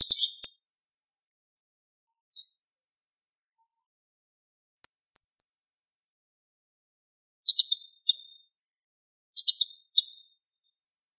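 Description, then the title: Bird song in short, high, bright chirping bursts separated by silent gaps of one to two seconds, ending in a thin high whistled note. "LuckyPassaro Completos2Sama"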